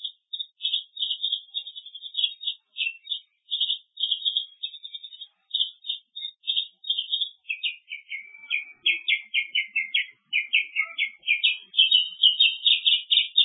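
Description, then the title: Songbird singing a long stream of rapid high chirps, steady at first, then breaking into faster buzzy trilled notes toward the end. Masteran, a training recording played to teach songbirds. "LuckyBurung MasteranBest"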